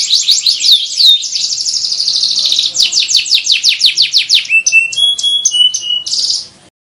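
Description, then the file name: Atlantic canary song: fast rolling trills of rapid repeated notes, switching to slower separate whistled notes near the end before stopping. Song with one-minute pauses, gambate style. "kenari gambate jeda 1 menit"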